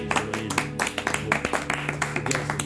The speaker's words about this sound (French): on applaudit Séverine une dernière fois